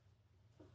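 A metal torque converter is spun and pushed by hand onto the automatic transmission pump during an LS swap on a 1971 GMC C10 shortbed. Only a low, steady hum with faint handling noise is heard, with a slight swell around 0.6 s. Nothing has seated or clicked yet.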